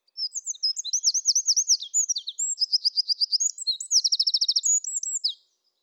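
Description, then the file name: Eurasian wren song, a loud rapid run of high trills and rattling notes lasting about five seconds, shifting through several repeated phrases, ending abruptly. "Troglodytes troglodytes"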